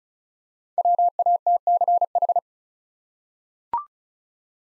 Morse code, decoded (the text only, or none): WATCH